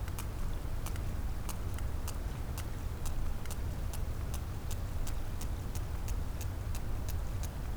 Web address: Physeter Macrocephalus cachalot